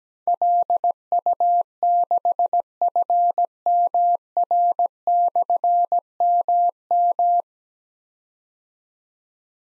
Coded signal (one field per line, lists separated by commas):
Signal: Morse code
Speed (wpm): 17 wpm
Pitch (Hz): 700 Hz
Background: none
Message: LU6FMR/MM